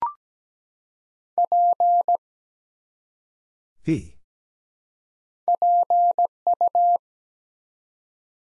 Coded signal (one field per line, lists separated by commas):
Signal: Morse code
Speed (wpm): 17 wpm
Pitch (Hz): 700 Hz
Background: none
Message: P PU